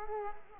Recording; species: mosquito wingbeat signal from an infrared sensor; Culex quinquefasciatus